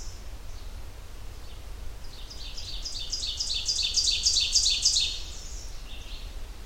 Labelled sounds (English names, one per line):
Ovenbird song